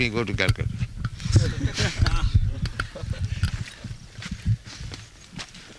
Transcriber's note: laughter